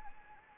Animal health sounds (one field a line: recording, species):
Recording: mosquito wingbeat signal from an infrared sensor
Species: Anopheles arabiensis